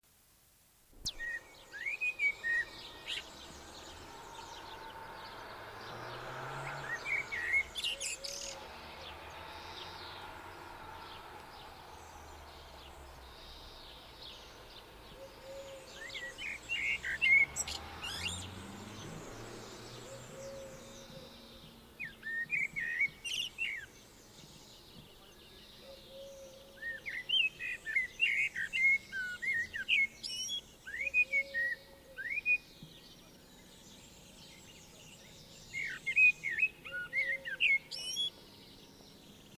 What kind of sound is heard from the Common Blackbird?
song